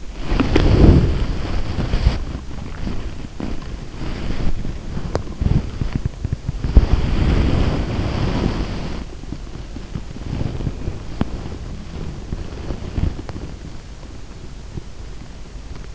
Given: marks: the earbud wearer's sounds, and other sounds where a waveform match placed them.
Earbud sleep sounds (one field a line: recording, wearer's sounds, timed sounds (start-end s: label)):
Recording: sounds in sleep by an in-ear microphone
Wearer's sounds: body movement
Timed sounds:
0.00-15.95 s: body movement